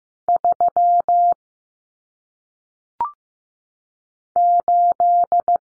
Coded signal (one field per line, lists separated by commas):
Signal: Morse code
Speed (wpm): 15 wpm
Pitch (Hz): 700 Hz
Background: none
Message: 3 8